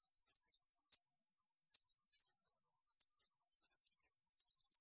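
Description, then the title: European goldfinch song: lively high twittering with liquid notes and brief buzzes, delivered in quick bursts with short gaps. "Chant Chardonneret"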